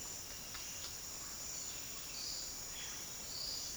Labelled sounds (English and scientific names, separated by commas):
none